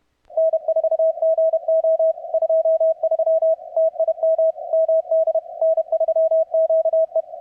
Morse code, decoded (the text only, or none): N4GO 23 TIM MD N3QE